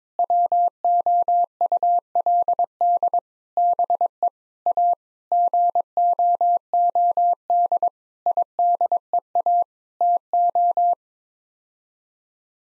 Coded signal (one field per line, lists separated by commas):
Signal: Morse code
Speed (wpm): 22 wpm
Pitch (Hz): 700 Hz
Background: none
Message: WOULD BE A GOOD IDEA TO